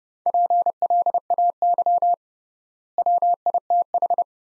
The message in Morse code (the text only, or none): PLAY WITH